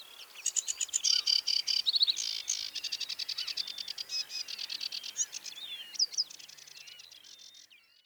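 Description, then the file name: Sedge warbler singing a rapid, restless sequence of scratchy chatters, buzzy trills and short whistled notes that gradually fades toward the end. "rietzanger zang"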